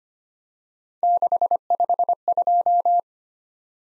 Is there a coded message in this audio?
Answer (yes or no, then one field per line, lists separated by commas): yes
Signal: Morse code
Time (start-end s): 1.0-3.0 s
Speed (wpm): 25 wpm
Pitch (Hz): 700 Hz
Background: none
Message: 652